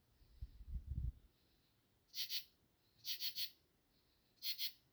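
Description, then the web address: Insect chirps, three bursts of two or three quick shrill pulses spaced about a second apart, preceded by a brief low rumble. "Insect Set 459"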